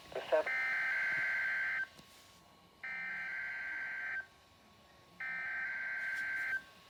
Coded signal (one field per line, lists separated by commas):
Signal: Emergency Alert System (SAME) tones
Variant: header bursts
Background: speech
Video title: LETS CALM DOWN. No tones. RWT on KHB31 162.550 Winnabow, NC (EAS #15)